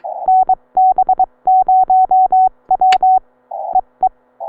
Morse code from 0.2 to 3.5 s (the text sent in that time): NB0W